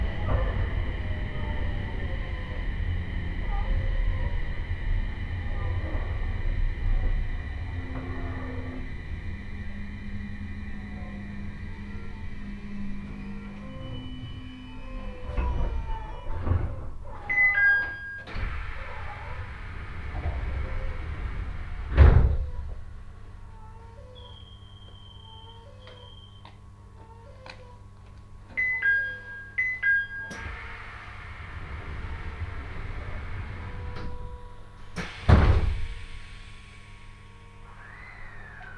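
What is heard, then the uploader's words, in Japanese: A train ride on the Tohoku Main Line: a heavy low rumble fills the first fifteen seconds, with a motor hum shifting in pitch. The noise then eases to a quieter drone with stepping whine tones, broken by sharp knocks near 22 and 35 seconds. 鉄道旅 東北本線 福島→北白川。列車はこの途中で福島県から宮城県へと入っていきます。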